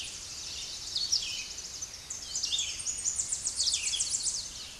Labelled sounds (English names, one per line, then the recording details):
Tennessee Warbler song
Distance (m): 25 m
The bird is about 10 m above the microphone
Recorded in a Pennsylvania forest on 16 May 2024 at 08:34
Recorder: AudioMoth, point MSD-1293
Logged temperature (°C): 12.0 °C
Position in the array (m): 65 m, 173 m